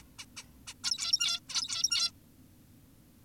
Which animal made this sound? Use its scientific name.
Taeniopygia guttata